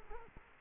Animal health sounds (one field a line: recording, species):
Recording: mosquito wingbeat signal from an infrared sensor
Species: Culex quinquefasciatus